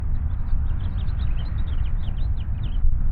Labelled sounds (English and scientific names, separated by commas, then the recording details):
House Finch (Haemorhous mexicanus) song
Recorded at Wantagh on Long Island, New York, on 21 May 1975
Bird D